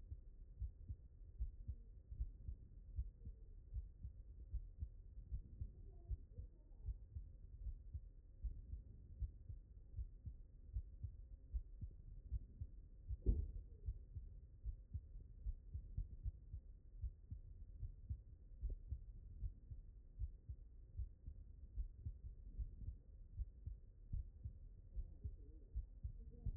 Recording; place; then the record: heart sounds by stethoscope; aortic valve (AV)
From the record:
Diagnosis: non-HFrEF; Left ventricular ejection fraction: 42%